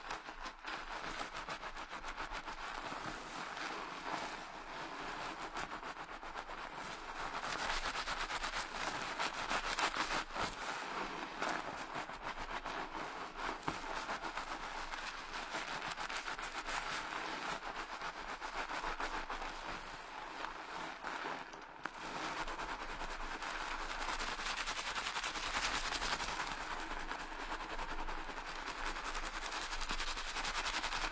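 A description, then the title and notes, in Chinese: Head treatment with dense, steady scratching and rubbing crackle throughout, growing brighter near 8, 13 and 25 seconds, dipping briefly at 22. 疗愈SPA！头部调理，深度放松。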